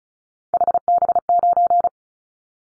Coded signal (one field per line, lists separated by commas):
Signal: Morse code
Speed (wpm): 34 wpm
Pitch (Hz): 700 Hz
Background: none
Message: HB9